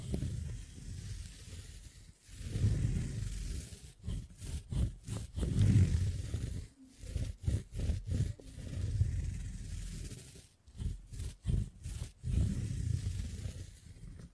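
Beeswax is being worked by hand, giving soft, low rubbing and squishing sounds in long smooth stretches. These alternate with bursts of quick, sharp tapping and crinkling, especially around the middle and near the end, with a faint airy hiss throughout.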